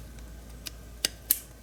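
A new primer bulb is pushed into a small engine carburetor housing, producing a faint tick near 0.2 s, a light click at 0.7 s and a sharper click at 1.0 s. Pushing further gives the loudest, sharpest click at 1.3 s as the bulb snaps fully home on the second click, seated.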